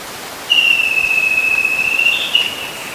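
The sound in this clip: Bird call: one sustained pure whistle held level for about two seconds before fading, against a constant hiss.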